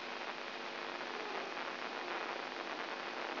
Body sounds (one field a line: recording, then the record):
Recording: brain microelectrode recording played as sound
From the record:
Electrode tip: inside the subthalamic nucleus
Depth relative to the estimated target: 0 mm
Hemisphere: right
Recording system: AlphaMap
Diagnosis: Parkinson's disease